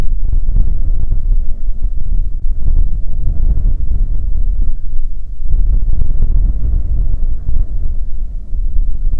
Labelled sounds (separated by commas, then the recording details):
bird, wind
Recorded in the Prudhoe Bay oil fields, Alaska, on 15 May 2019 at 00:01
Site 19